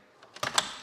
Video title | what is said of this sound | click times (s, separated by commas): Percy and Dave Breakers | right next to that one it snaps in place | 0.6 s